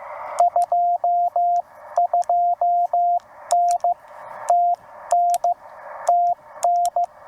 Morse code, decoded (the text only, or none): 22N TN TN